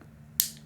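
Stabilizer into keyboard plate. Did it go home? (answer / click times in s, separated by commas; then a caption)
yes / 0.4 s. A keyboard stabilizer that was not fully seated in the plate is pressed back in, and it snaps into place with one sharp, bright click at 0.4 s. The stabilizer is now seated, because a tiny hook had popped out before. A low, steady hum sits under the rest of the clip.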